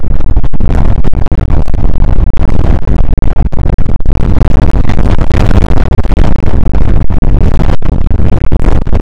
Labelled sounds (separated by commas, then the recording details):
wind
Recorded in the Prudhoe Bay oil fields, Alaska, on 2 August 2019 at 01:34
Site 29